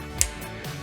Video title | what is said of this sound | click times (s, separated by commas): Trike Tutorial: Catrike Wheel Replacement | To finish, release the derailer lock by pulling forward until it clicks. | 0.2 s